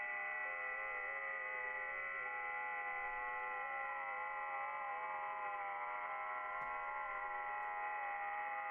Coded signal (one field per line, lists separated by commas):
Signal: FT8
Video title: Ham Radio (LIVESTREAM) hunting Europe on wsjtx